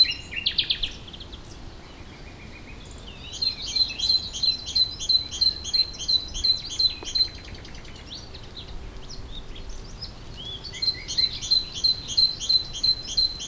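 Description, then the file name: Great tit calls, bursts of fast high twittering notes, a short chirp series early, then a long rapid run and another later, with soft background hiss. "Parus major"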